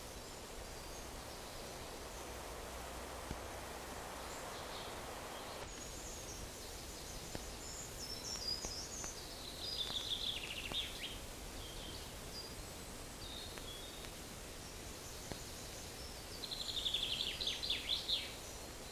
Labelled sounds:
Common Chaffinch (Fringilla coelebs) song

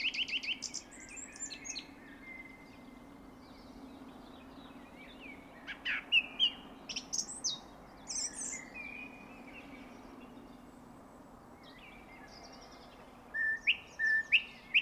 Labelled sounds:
Song Thrush (Turdus philomelos) song

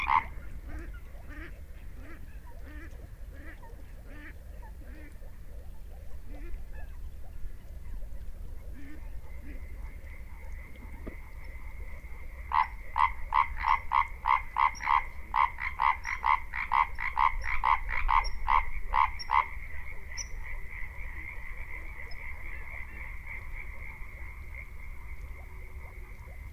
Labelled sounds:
Common Tree Frog (Hyla arborea) call

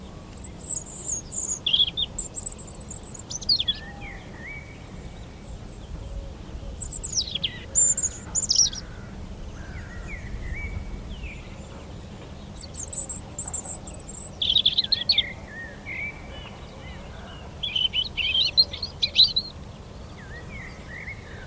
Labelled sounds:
European Robin (Erithacus rubecula) song

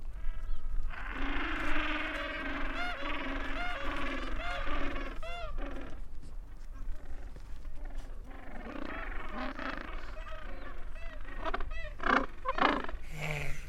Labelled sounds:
Gentoo Penguin (Pygoscelis papua) call

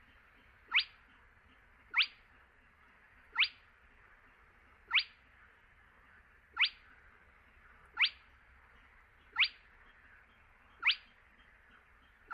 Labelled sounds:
Spotted Crake (Porzana porzana)

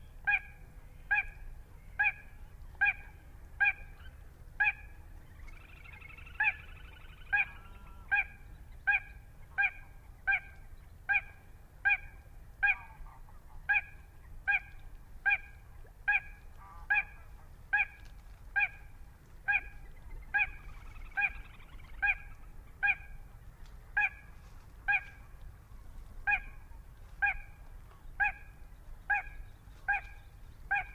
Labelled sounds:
Little Crake (Porzana parva)

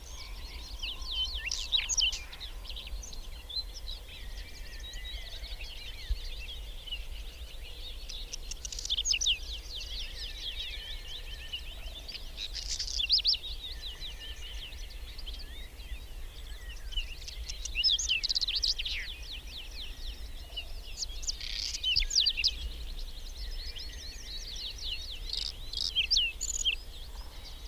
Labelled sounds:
Whinchat (Saxicola rubetra) song

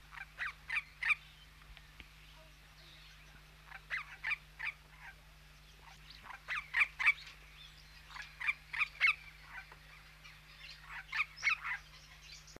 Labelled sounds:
Regent Parrot (Polytelis anthopeplus) call

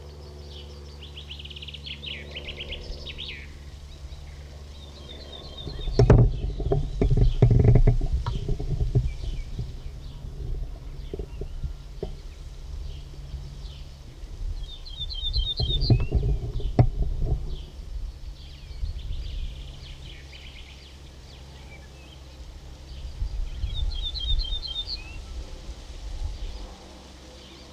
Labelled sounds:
Ortolan Bunting (Emberiza hortulana) song

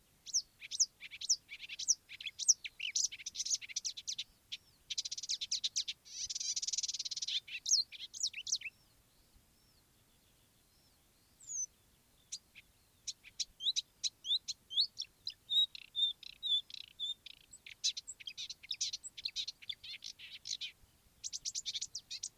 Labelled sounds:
Marsh Warbler (Acrocephalus palustris)

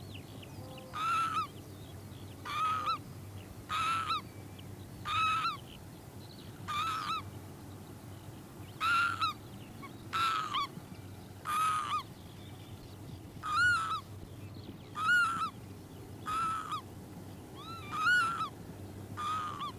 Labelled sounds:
Northern Lapwing (Vanellus vanellus) call

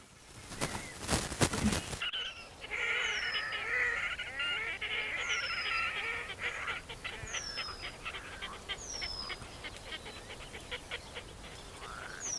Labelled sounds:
Red-necked Grebe (Podiceps grisegena) call

